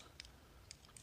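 A plastic foot on a transforming toy robot's leg is pushed out on its hinge until it snaps into position, with a sharp snap at 0.2 s. A softer click follows at 0.3 s, and more short, light clicks come at 0.7, 0.9, 1.0 and 1.1 s. The foot is seated.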